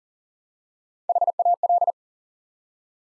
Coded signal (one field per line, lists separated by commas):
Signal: Morse code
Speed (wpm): 38 wpm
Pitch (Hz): 700 Hz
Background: none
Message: HAL